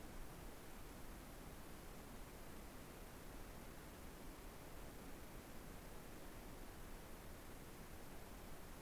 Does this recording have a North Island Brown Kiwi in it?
no